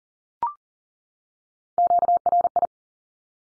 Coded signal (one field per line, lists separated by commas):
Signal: Morse code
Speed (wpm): 40 wpm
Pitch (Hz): 700 Hz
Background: none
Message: QRI